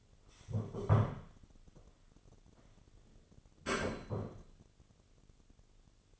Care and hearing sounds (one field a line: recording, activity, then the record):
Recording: daily activity, microphone in the room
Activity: stand up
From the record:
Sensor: 4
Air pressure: 1016.1 hPa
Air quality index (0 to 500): 184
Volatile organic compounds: 8 ppm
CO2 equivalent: 2098 ppm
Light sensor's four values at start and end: 9/20/8/7 and 9/20/8/7